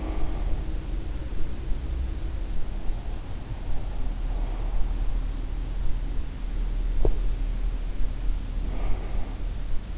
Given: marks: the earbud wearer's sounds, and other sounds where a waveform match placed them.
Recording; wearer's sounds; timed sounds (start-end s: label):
sounds in sleep by an in-ear microphone; breath
0.00-0.58 s: breath
8.72-9.50 s: breath